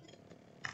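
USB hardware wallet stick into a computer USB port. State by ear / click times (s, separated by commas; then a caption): seated / 0.7 s. An Opendime v4 USB hardware bitcoin wallet stick is pushed into a computer's USB port to fund it with bitcoin. After a low, quiet rustle, a sharp, short metallic click sounds at 0.7 seconds as the stick seats in the port.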